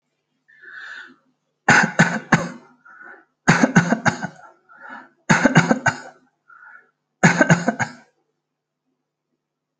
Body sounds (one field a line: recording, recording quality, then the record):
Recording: shallow voluntary cough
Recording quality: excellent, no background noise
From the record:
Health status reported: healthy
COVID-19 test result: negative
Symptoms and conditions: none ticked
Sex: male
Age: 31 years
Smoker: not ticked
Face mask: not worn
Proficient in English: yes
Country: India